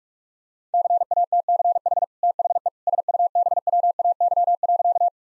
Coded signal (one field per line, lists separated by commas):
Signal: Morse code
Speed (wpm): 41 wpm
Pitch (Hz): 700 Hz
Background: none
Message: CATCH THE SUBWAY.